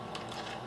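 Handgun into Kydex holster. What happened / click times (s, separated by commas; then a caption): The gun clicked into the rigid plastic holster's retention / 0.1 s. A handgun is pushed into a Kydex holster, and at 0.2 seconds a single short, sharp click rises above a steady low hum as the trigger-guard retention catches. The gun is seated and secured in the holster.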